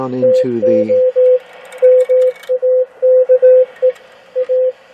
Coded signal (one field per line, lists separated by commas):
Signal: Morse code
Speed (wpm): 18 wpm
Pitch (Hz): 510 Hz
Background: speech, radio noise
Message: TO MAKE A